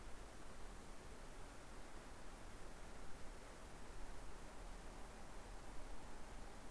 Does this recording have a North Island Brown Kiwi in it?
no